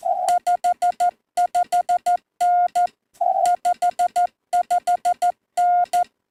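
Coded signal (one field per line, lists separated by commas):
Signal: Morse code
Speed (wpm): 13 wpm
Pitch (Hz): 1420 Hz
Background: none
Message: 55N 55N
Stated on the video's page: Parks on the Air (POTA) hunting, Sunday morning.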